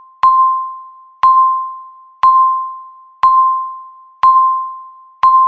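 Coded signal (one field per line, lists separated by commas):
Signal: radio time signal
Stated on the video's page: Beep every second from a countdown timer, with a 15-second loud alarm at zero.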